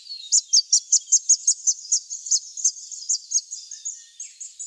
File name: scarlet honeyeater